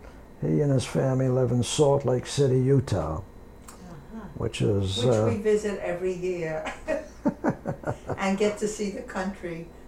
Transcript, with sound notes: And he and his family live in Salt Lake City, Utah, which is –
Which we visit every year, (they laugh) and get to see the country.